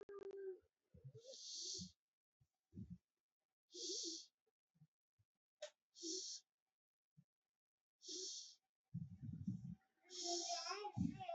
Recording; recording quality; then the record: shallow breathing; excellent, no background noise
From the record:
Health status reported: healthy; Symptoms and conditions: none ticked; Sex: female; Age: 32 years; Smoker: not ticked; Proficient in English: yes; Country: India